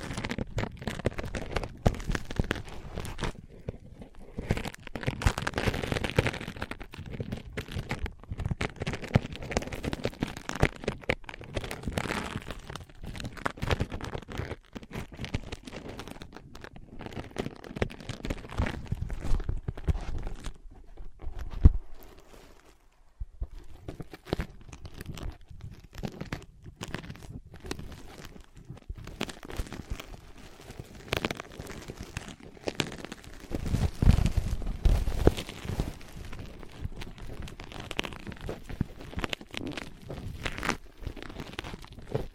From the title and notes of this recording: ASMR Using Ear Pads as Your Ears Tapping, Scratching, Tracing (No Talking).